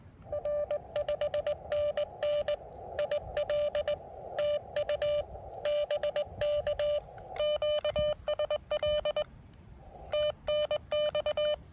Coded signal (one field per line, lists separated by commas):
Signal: Morse code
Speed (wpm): 21 wpm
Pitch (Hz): 590 Hz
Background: none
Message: R5NN IL TU BK QSL TNX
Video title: KI5GBQ at K-2779 Morse Code Activation